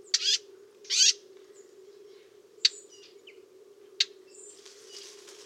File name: Sylvia atricapilla